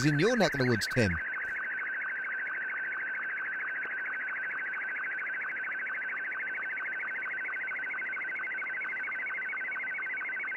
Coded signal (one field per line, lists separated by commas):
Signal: SSTV (slow-scan television)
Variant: Martin 2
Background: speech